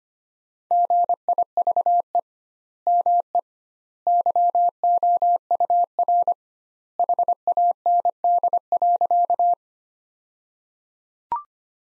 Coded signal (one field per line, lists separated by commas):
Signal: Morse code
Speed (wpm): 25 wpm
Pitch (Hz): 700 Hz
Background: none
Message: GIVE ME YOUR HAND.